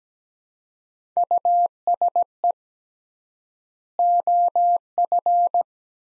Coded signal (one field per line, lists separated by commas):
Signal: Morse code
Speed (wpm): 17 wpm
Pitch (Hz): 700 Hz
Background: none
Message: USE OF